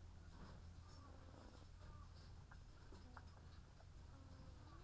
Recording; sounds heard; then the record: poultry house recording; sick chickens (respiratory disease)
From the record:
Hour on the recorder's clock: 13